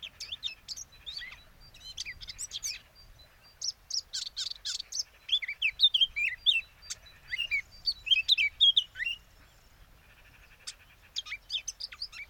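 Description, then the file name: Eurasian blackcap warbling in short jumbled phrases of high slurred notes, separated by short quiet gaps. "Sylvia atricapilla"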